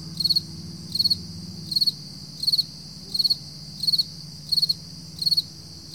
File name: freesound Early Morning Summer Crickets 4 AMJuly 2012